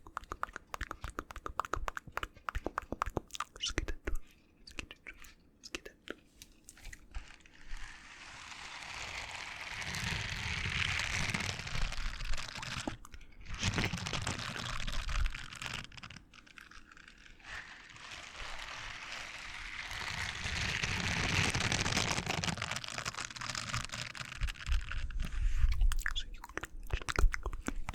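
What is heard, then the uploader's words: Mouth sounds begin as rapid, crisp clicks and crunchy taps packed tightly through the first several seconds. Then two long, swelling hissy washes take over, one from about 8 to 13 seconds and another from about 17 to 25, with scattered clicks returning near the end. Super Tingly Mouth Sounds.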